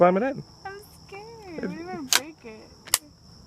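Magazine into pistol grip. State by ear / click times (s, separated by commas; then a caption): seated / 2.9 s. A pistol magazine is slammed up into the grip while people talk, and it snaps home and locks with a sharp click at 2.9 seconds. A constant high whine runs underneath.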